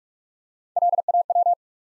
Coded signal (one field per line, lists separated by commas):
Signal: Morse code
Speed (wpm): 44 wpm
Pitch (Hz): 700 Hz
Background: none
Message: L A W